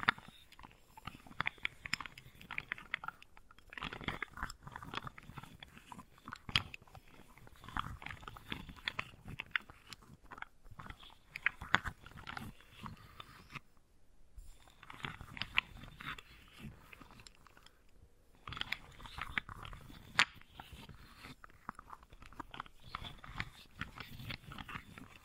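Wooden balls clack, roll and rub against each other in a dense, crackling stream of small clicks and knocks. The sound runs almost without pause, with short gaps near 3, 14 and 18 seconds, and stays fairly soft, with scattered sharper taps.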